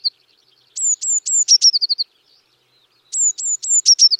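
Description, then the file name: Eurasian blue tit giving a high series of thin slurred notes ending in a rapid trill, heard twice. "Cyanistes caeruleus"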